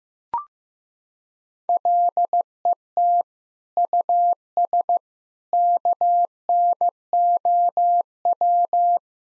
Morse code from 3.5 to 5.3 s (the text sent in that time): US